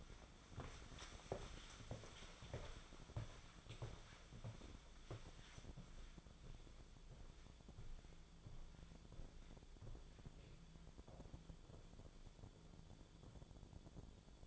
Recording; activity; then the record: daily activity, microphone in the room; walk to room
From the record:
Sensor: 5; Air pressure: 1010.2 hPa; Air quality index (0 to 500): 141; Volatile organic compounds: 3 ppm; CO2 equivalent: 1377 ppm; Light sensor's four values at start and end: 801/1487/783/1038 and 285/713/299/328